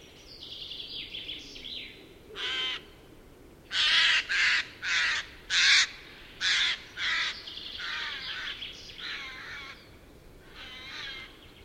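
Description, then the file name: Eurasian jay giving harsh, rasping screeches, one on its own and then a run of six in quick succession, amid softer chattering. "Garrulus glandarius"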